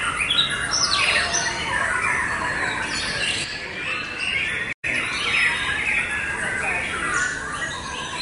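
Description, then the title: White-rumped shama singing rich, rising and falling whistled phrases with scratchy notes, broken by a brief silent cut midway. Wild white-rumped shama, original natural song, recorded in forest. "Kicau Asli Murai Batu Hutan"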